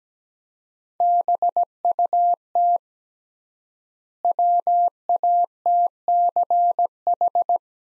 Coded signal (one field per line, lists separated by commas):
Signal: Morse code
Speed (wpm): 17 wpm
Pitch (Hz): 700 Hz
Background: none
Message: BUT WATCH